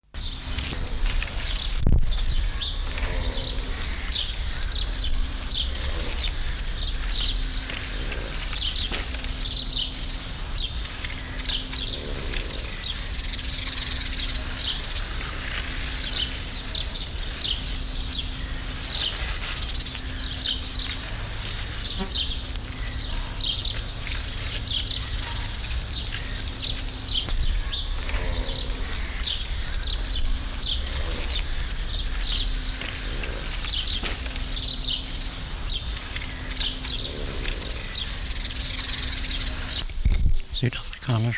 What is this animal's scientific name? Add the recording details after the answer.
Oryx gazella. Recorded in captivity. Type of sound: call. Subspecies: gazella. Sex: female. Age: adult. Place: Zoo Berlin, Berlin, DE. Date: 1999-07-03 14:30. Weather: fair, 25-27°C. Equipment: Sony WM-D6C, Sennheiser ME 80, Kopie Uher 4000 Report Monitor. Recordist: Tembrock, Günter. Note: Südafrikanische Oryxantilope (O.g.gazella): Weibchen (mit halbwüchsigem Jungtier): Laute der Mutter; Jungtier versucht zu saugen